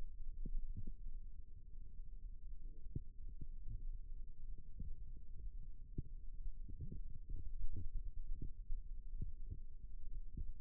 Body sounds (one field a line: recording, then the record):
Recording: forearm muscle sounds (acoustic myography)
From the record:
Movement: rest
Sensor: system 2, bracelet of six BSWA MPA416 microphones around the upper forearm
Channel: 4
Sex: male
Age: 22 years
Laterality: right